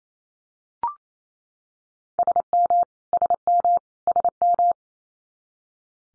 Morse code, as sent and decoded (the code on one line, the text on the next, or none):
... -- / ... -- / ... --
SM SM SM